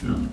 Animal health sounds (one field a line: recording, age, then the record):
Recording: pig call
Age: growing-finishing pig (85 days or more)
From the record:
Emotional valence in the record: positive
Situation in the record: enriched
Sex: female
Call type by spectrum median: low-frequency call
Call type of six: low-frequency stable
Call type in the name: low-frequency stable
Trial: 4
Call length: 0.33 s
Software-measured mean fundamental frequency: 42 Hz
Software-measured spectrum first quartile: 142 Hz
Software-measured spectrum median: 234 Hz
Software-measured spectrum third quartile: 409 Hz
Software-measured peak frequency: 250 Hz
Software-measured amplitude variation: 181 dB a second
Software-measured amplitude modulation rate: 31.7 a second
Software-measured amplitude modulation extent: 5.7 dB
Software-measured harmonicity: 0.0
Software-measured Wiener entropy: -0.54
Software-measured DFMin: 892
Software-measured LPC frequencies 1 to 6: 255, 1341, 2094, 2899, 3722, 4460 Hz